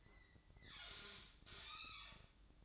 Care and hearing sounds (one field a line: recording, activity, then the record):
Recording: daily activity, microphone in the room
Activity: open fridge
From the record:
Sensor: 3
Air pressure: 1007.8 hPa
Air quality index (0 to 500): 74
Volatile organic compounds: 1 ppm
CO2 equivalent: 655 ppm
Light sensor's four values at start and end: 12/29/12/12 and 12/29/12/12